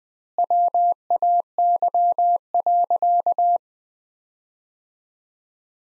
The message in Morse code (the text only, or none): WAY.